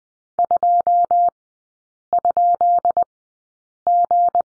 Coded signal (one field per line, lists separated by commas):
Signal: Morse code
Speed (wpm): 20 wpm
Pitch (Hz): 700 Hz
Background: none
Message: 2?G